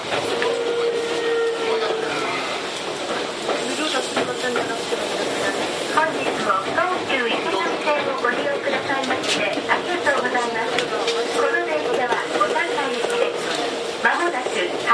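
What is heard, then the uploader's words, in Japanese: Inside a commuter train running from Kamata to Gotanda, voices chatter almost continuously over a steady rumbling ride. A low, even hum appears at the start and again from about ten seconds on, and sharp knocks break in now and then. 東急7700系 蒲田→五反田。東急7700系（7001F）蒲田→五反田。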